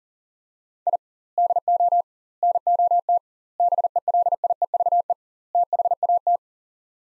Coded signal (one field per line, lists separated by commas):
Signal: Morse code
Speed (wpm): 40 wpm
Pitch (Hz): 700 Hz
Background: none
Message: I DO NOT BELIEVE THAT